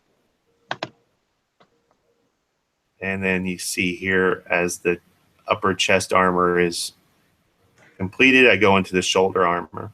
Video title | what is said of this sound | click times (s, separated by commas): "CUSTOMIZING THE CLONE WARS" - EPISODE 46 | So they would just snap right in. | 0.7 s